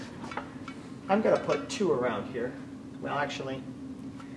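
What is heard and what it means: An ankle strap clip is handled onto a cable machine attachment, with a few short clinks near 0.3, 0.4 and 0.7 seconds while someone talks. Nothing has seated or locked yet by the end of the clip.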